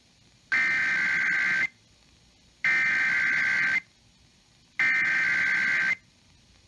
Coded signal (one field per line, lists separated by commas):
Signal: Emergency Alert System (SAME) tones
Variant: header bursts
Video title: KWIZ 96.7 Required Weekly Test (EAS #3351) 3/1/21